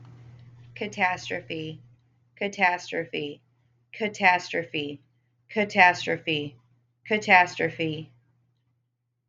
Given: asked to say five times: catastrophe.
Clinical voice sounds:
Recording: repeated word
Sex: female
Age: 30 to 39 years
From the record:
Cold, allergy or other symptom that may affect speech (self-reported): no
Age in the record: 32 years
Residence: Texas, United States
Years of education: 12

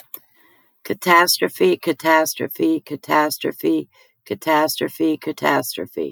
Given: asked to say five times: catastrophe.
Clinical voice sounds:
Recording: repeated word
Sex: female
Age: 50 to 59 years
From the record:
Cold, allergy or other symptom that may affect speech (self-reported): no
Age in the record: 53 years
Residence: United States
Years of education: 13

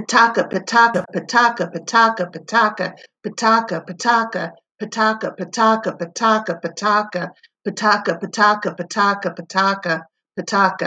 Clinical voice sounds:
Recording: repeated syllables /pa ta ka/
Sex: female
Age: 40 to 49 years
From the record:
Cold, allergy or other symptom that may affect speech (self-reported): no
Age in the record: 45 years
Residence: Florida, United States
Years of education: 13

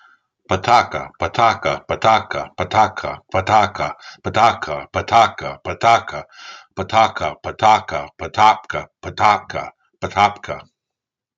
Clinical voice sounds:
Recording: repeated syllables /pa ta ka/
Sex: male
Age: 60 to 69 years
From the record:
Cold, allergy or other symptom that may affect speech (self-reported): no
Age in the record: 67 years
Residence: Maryland, United States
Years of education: 16

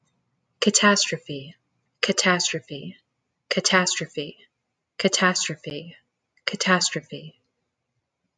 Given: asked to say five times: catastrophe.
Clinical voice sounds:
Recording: repeated word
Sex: female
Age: 40 to 49 years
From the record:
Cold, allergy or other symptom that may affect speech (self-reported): no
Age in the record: 40 years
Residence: Arizona, United States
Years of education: 14

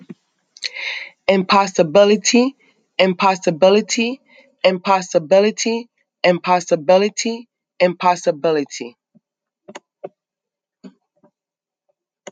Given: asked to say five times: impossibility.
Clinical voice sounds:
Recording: repeated word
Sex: male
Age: 40 to 49 years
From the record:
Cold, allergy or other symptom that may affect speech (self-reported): no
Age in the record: 49 years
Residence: New Jersey, United States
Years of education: 12

